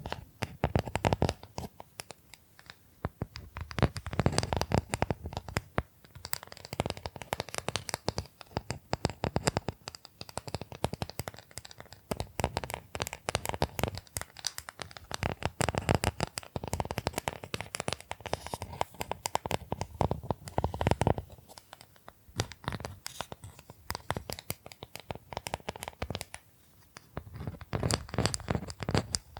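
Bamboo being tapped, scratched and brushed in a dense, busy stream of short dry clicks and rasps. The texture stays crowded throughout, swelling into thicker scratchy bursts around 4, 9, 16 and 20 seconds, with a low rumbling underneath at times.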